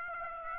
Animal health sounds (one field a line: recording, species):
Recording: mosquito wingbeat signal from an infrared sensor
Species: Aedes aegypti